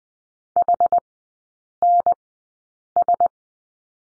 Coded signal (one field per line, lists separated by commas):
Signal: Morse code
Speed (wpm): 20 wpm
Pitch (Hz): 700 Hz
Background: none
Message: H N S